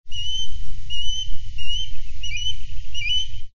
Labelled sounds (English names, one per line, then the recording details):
Osprey
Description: Sound recording of osprey, Grand Teton National Park, Wyoming